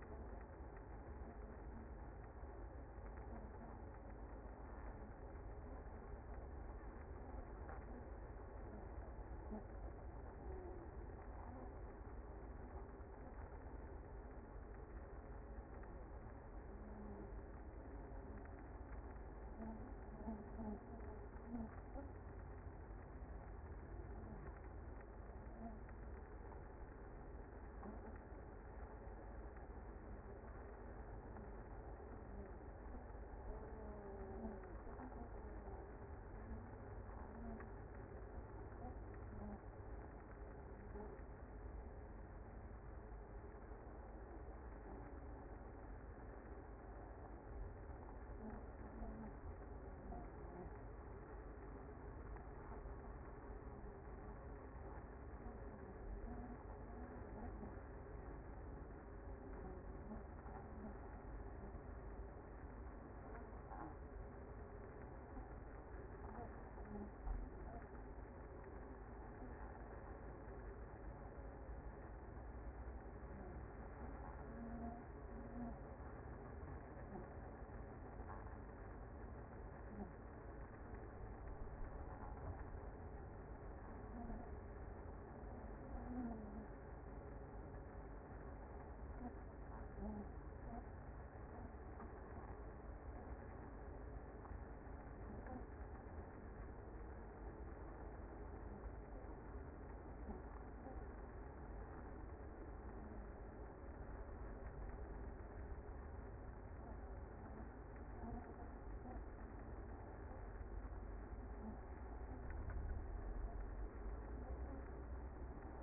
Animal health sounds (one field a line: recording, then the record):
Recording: honeybee colony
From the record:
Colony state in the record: active